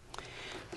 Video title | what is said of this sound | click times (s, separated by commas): Elegant Bag -- Perfect Circle Stitching | marking and snap into place | 0.2 s